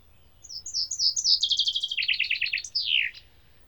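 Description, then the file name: Common chaffinch song: a rapid descending series of bright trilled notes, then ends in a sweeping downward flourish, with a quiet background. "buchfink"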